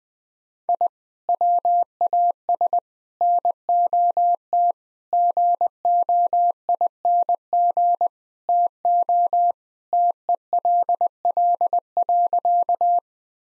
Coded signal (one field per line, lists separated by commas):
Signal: Morse code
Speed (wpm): 21 wpm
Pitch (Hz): 700 Hz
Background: none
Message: I WAS NOT GOING TO TELL.